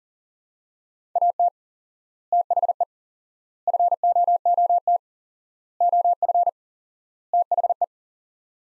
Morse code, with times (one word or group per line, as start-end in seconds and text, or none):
1.2-1.5 AT
2.3-2.8 THE
3.7-5.0 FOOT
5.8-6.5 OF
7.3-7.8 THE